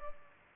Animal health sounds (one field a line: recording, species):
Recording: mosquito wingbeat signal from an infrared sensor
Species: Culex pipiens